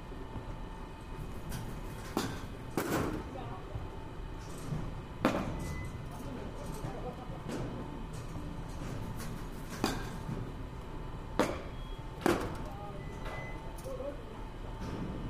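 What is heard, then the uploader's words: Batting cage sounds: sharp knocks and cracks ring out every couple of seconds, near 2, 3, 5, 10, 11.5 and 12.5 seconds, some with a short rattle after. Between them a steady low hum and murmur of voices continues, with a faint constant tone throughout. バッティングセンターの音です. Sound of batting cage.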